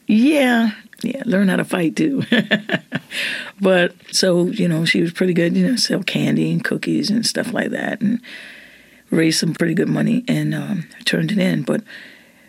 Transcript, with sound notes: Yeah. Yeah, learned how to fight, too (laughter). But so, you know, she was pretty good, you know, sell candy and cookies and stuff like that, and raised some pretty good money and turned it in.